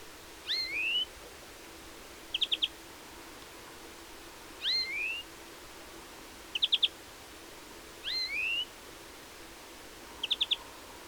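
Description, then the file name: European greenfinch repeating a rising whistled call alternating with brief bursts of three or four dry chips, the pattern recurring roughly every four seconds. "Chloris chloris"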